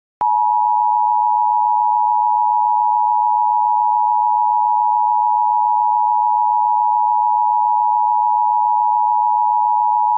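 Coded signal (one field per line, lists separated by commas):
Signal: Emergency Alert System (SAME) tones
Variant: 853 and 960 Hz attention tone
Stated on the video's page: Fictional EAS scenario about Pac-Man eating people.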